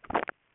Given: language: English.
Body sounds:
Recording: throat vibration sensor signal played as sound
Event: swallow

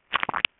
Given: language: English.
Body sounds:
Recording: throat vibration sensor signal played as sound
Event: swallow

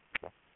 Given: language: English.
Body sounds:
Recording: throat vibration sensor signal played as sound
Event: swallow

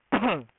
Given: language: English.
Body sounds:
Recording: throat vibration sensor signal played as sound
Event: cough

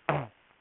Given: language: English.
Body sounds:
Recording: throat vibration sensor signal played as sound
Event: throat clearing

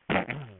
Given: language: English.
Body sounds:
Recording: throat vibration sensor signal played as sound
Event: throat clearing

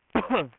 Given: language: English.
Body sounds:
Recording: throat vibration sensor signal played as sound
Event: cough

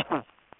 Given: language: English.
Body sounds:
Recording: throat vibration sensor signal played as sound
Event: cough

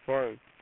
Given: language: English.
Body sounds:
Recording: throat vibration sensor signal played as sound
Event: speech

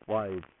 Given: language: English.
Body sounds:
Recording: throat vibration sensor signal played as sound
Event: speech

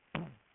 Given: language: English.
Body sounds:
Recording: throat vibration sensor signal played as sound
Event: throat clearing

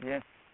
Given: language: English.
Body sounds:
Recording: throat vibration sensor signal played as sound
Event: speech

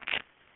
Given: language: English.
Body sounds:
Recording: throat vibration sensor signal played as sound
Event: swallow

